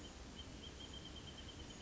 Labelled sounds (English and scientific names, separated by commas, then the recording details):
Wrentit (Chamaea fasciata)
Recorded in Sonoma County, California